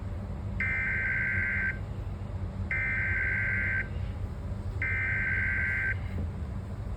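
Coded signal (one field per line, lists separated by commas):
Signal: Emergency Alert System (SAME) tones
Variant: header bursts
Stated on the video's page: Severe thunderstorm warning received on NOAA Weather Radio.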